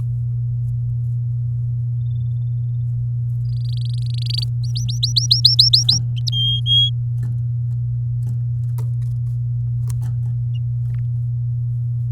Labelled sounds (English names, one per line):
Domestic Canary song